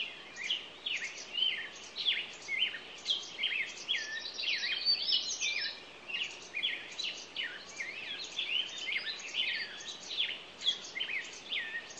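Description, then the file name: Songbirds singing crisp, repeated chirps and rising-falling whistles, about two a second, with a soft hiss behind. Morning songbirds. "Echoes Of Nature-Morning Songbirds"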